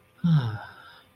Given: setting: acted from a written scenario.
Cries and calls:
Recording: vocal sound without words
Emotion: contentment

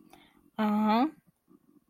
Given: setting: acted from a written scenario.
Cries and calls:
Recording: vocal sound without words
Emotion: neutral

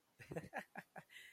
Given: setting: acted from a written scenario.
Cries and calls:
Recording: vocal sound without words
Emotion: elation

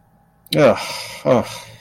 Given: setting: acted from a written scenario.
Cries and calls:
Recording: vocal sound without words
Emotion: contempt

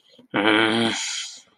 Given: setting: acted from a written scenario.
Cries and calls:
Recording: vocal sound without words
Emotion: anger

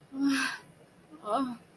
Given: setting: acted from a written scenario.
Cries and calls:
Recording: vocal sound without words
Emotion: guilt

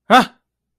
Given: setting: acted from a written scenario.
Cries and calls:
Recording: vocal sound without words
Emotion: fear

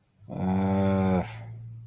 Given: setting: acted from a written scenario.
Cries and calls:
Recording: vocal sound without words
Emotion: shame

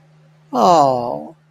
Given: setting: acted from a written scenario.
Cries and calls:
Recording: vocal sound without words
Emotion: sympathy

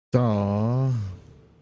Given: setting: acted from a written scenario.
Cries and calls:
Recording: vocal sound without words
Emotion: sympathy

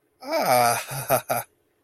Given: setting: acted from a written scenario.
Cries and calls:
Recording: vocal sound without words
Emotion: positive surprise

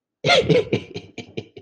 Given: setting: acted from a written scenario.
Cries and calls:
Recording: vocal sound without words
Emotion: amusement

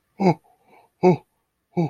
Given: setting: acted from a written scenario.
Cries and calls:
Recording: vocal sound without words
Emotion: fear

